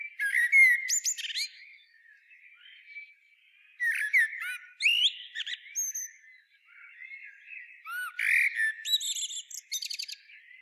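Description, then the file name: Eurasian blackbird song in three phrases, low whistled warbles followed by high, thin, squeaky notes, separated by quieter gaps. "Turdus merula"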